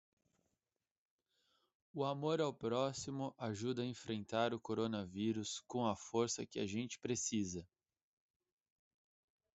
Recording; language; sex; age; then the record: spoken sentence; Brazilian Portuguese; male; 30 to 39 years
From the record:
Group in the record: control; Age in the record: 31 years